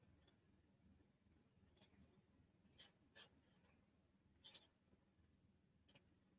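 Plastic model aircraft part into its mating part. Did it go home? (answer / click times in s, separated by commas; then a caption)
no / none. A plastic part from a 1/18 scale Agora Mitsubishi A6M Zero model aircraft kit is test fitted into its mating part, with faint rubbing and scraping and a few brief, light plastic ticks over a low background hum. The part wobbles and nothing has seated or clicked, so it needs to be taken down a bit.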